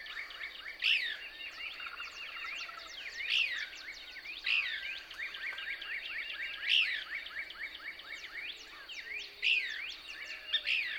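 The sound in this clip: Couch's Kingbird song: bright swept notes repeated every few seconds, mixed with busy twittering, over a continuous high drone.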